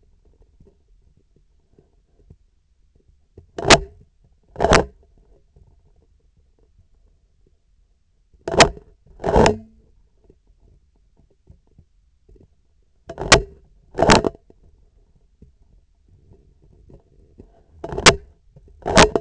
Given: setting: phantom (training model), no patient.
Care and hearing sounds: laparoscopic instrument, vibration sensor on the handle end; scissors; opening and closing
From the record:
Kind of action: tool actuation without material contact

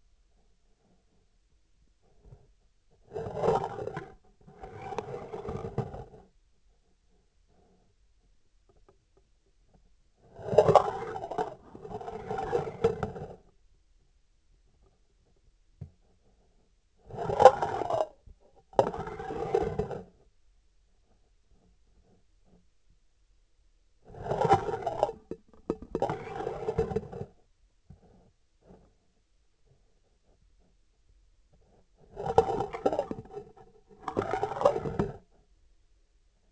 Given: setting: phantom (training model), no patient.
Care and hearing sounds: laparoscopic instrument, vibration sensor on the handle end; scissors; approaching and retracting movements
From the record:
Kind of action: spatial motion

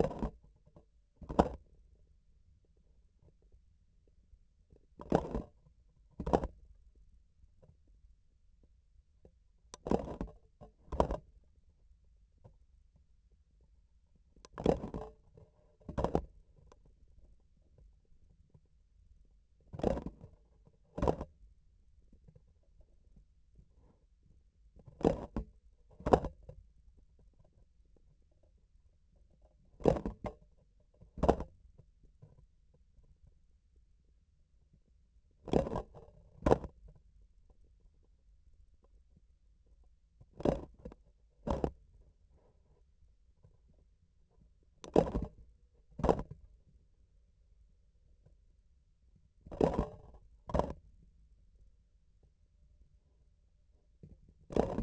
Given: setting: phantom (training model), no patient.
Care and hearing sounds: laparoscopic instrument, vibration sensor on the handle end; grasping forceps; opening and closing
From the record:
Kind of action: tool actuation without material contact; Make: other than Olympus

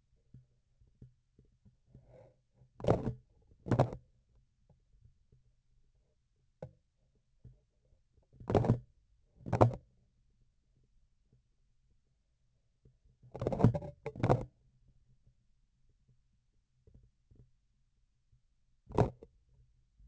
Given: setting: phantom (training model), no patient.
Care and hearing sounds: laparoscopic instrument, vibration sensor on the handle end; grasping forceps; opening and closing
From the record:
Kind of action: tool actuation without material contact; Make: other than Olympus

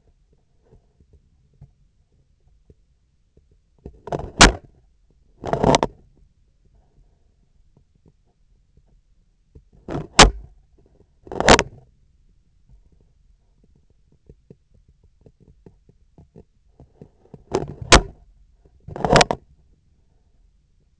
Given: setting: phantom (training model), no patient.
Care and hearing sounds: laparoscopic instrument, vibration sensor on the handle end; scissors; opening and closing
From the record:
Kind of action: tool actuation without material contact

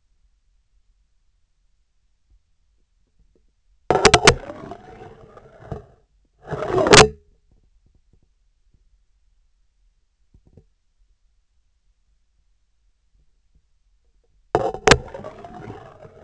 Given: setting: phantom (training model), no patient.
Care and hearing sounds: laparoscopic instrument, vibration sensor on the handle end; scissors; insertion and removal through the trocar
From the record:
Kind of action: spatial motion

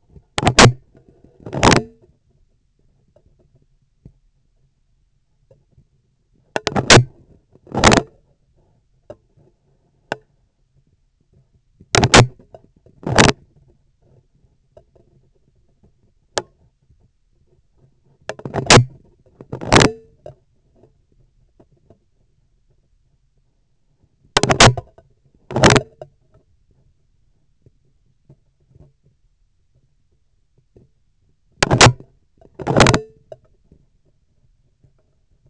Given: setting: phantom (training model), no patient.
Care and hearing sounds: laparoscopic instrument, vibration sensor on the handle end; scissors; opening and closing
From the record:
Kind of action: tool actuation without material contact

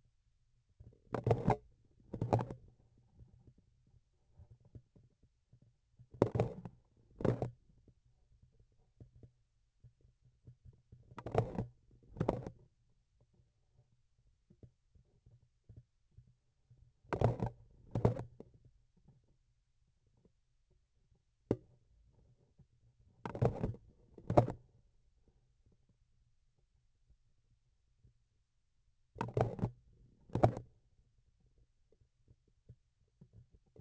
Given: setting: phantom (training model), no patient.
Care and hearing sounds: laparoscopic instrument, vibration sensor on the handle end; grasping forceps; opening and closing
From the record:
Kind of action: tool actuation without material contact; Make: other than Olympus

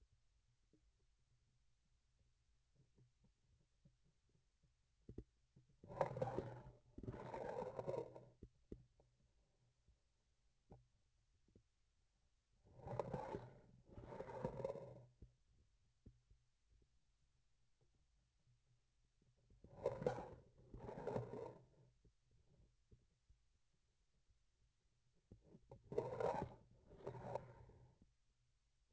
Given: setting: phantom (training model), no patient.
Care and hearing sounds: laparoscopic instrument, vibration sensor on the handle end; grasping forceps; approaching and retracting movements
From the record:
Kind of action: spatial motion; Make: other than Olympus

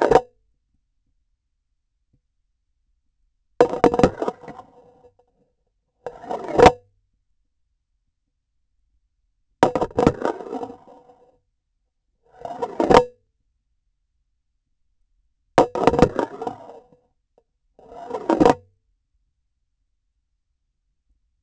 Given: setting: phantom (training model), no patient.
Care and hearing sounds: laparoscopic instrument, vibration sensor on the handle end; grasping forceps; insertion and removal through the trocar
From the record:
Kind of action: spatial motion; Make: Olympus

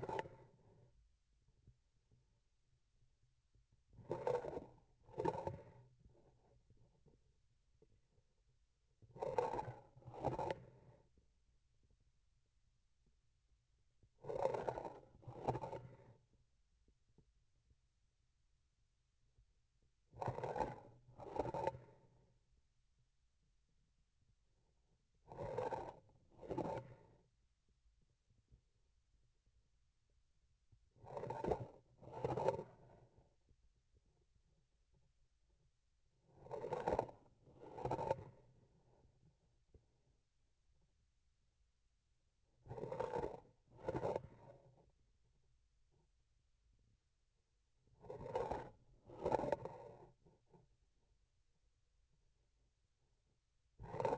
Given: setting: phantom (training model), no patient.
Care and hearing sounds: laparoscopic instrument, vibration sensor on the handle end; grasping forceps; approaching and retracting movements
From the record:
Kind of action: spatial motion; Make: other than Olympus

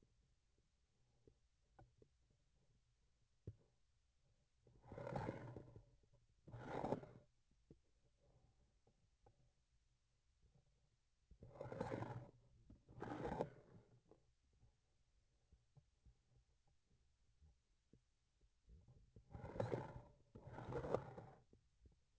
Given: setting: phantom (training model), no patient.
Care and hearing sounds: laparoscopic instrument, vibration sensor on the handle end; grasping forceps; approaching and retracting movements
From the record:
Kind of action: spatial motion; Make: other than Olympus

